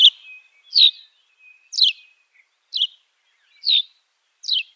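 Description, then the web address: Long-billed pipit song: short, sharp chirped notes dropping in pitch, given singly about once every second in a steady, unhurried series against a quiet background. "Schulze Peter Long-billed Pipit"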